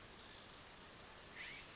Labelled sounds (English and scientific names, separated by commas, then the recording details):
California Scrub-Jay (Aphelocoma californica)
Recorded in Sonoma County, California